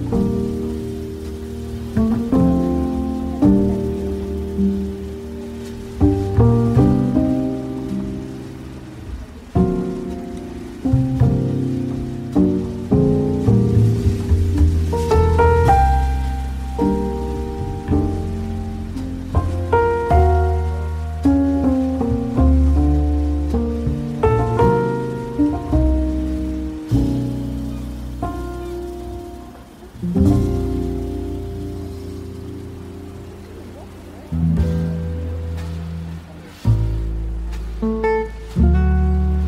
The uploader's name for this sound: Beach Cafe Ambience With Relaxing Coffee Shop Music, Ocean Waves, Soft Chatter